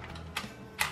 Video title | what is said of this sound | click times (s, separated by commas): Unboxing and Overview of the Alienware Elite Gaming Mouse AW959 | push it in they click into place and then | 0.4 s, 0.8 s